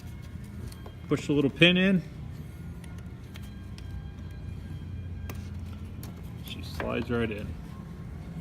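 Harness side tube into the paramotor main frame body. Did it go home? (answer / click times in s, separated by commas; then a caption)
no / none. The side tube of the harness is handled and guided toward the main body of an Adventure Pluma EOLE135 paramotor frame, with its little pin sliding in, while someone talks. Only faint scattered ticks sound under a steady low background hum, and the tube has not seated or clicked into the frame yet.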